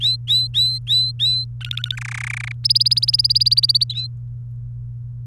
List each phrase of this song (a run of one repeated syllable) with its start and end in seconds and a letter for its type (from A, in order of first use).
0.00-1.45 A, 1.61-1.96 B, 1.97-2.52 C, 2.64-3.84 D, 3.90-4.07 A